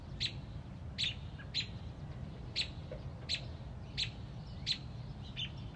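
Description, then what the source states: Robin repeating short, sharp high chips roughly every half to one second, with low background hum. Mother robin on a front porch protecting a newly hatched chick.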